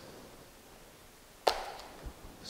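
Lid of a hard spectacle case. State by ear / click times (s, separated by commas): released / 1.5 s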